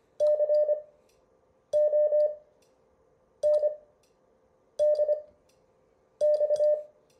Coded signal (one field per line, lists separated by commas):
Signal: Morse code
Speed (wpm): 25 wpm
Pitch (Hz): 600 Hz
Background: none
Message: CONDX